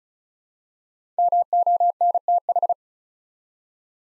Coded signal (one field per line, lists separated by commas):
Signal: Morse code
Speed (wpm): 36 wpm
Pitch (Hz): 700 Hz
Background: none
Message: MONTH